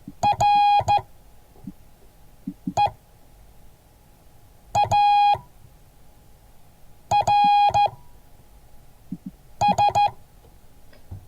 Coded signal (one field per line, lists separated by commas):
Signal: Morse code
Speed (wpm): 14 wpm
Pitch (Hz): 820 Hz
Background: none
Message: REARS